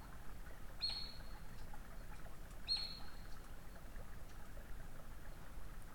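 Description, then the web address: Eurasian otter whistling twice, each a brief high-pitched level note about two seconds apart, against a low steady background rumble. "saukko lauri hallikainen. uutiset saukon-voi-loytaa-sulapaikan-liepeilta"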